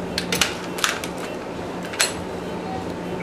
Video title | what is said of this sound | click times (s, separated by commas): Echo 1 m203 RIS | then when you hear that click, you just | 0.8 s